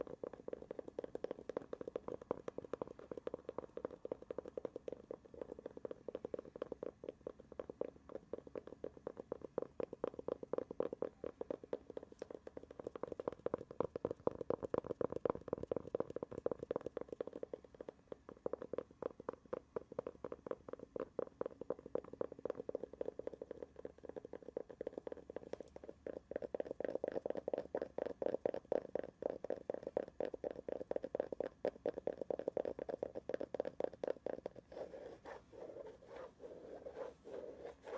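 Rapid, dense tapping and scratching runs throughout, thickening into louder, fuller bursts around fifteen seconds and again near thirty.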